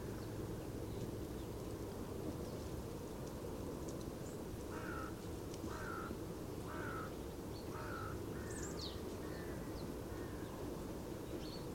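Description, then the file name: Carrion crow cawing several times in a fairly even series, hoarse and subdued against heavy low rumbling noise, with thin high bird chirps scattered throughout. "Corvus corone"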